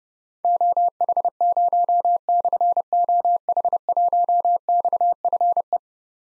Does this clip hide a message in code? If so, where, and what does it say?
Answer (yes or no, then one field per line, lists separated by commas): yes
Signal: Morse code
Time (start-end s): 0.4-5.8 s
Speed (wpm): 30 wpm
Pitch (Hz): 700 Hz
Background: none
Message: OH0/OH1XFE